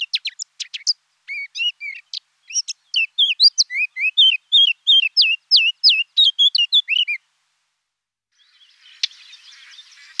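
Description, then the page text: Eurasian blackcap song: a brief scratchy, chattering warble rising into a run of loud, clear whistles, then silence and faint hissing noise at the end. "Fauvette à tête noire"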